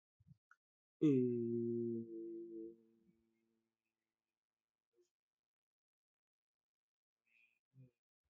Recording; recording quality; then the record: sustained vowel as in made; excellent, no background noise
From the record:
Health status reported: healthy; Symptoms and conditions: cough, cold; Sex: male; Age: 39 years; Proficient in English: yes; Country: India